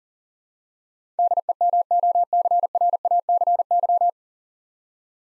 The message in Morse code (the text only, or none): DEMOCRACY